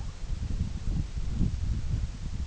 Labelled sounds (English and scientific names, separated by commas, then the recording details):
none
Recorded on Arctic tundra, site EABA-MC, on 21 June 2019
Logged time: 20:00